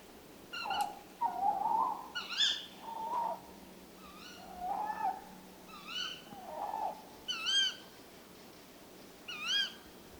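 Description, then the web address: Tawny owl giving several short wavering calls, some higher and upturned, over steady background hiss. "STRIX-ALUCO eurasian-tawny-wood-owl"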